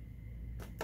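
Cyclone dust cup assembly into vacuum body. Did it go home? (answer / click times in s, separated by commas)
no / none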